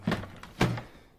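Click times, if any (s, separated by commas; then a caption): none. The clear plastic water tank of a Bissell 2458 SpotClean Pet Pro portable carpet cleaner is set back into its bay, giving dull plastic thunks at about 0.1 s and 0.6 s with lighter knocks in between. Nothing has clicked or locked: the tank rests in place held only by its weight and can be lifted straight out.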